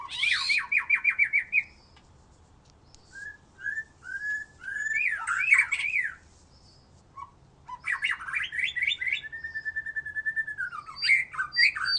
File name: murai batu